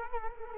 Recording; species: mosquito wingbeat signal from an infrared sensor; Culex quinquefasciatus